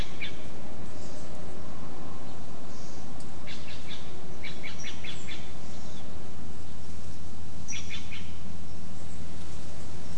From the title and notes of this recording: Wind through bay, leaf litter talon scratch. 3:00-3:30 pm. Throwback to a late summer windy day under the clearing-edge coast live oaks, spotted towhee foraging in the leaf litter.